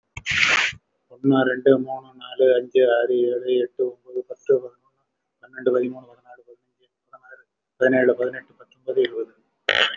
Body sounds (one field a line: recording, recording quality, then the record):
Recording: counting at a fast pace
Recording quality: excellent, no background noise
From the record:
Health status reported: respiratory illness, not identified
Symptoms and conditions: chronic lung disease, diabetes, ischaemic heart disease, another condition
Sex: male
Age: 72 years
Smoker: yes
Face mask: worn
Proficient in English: no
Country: India